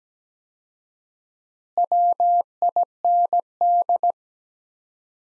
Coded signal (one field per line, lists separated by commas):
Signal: Morse code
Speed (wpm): 17 wpm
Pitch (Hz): 700 Hz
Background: none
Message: WIND